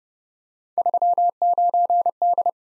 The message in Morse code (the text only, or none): 39D